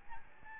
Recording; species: mosquito wingbeat signal from an infrared sensor; Aedes albopictus